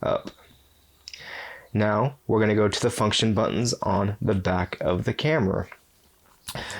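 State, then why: Seated. The plastic memory card door on a Nikon D3300 camera body is closed after the card is inserted and snaps shut with a sharp click at 1.1 s. Someone talks before and after the click.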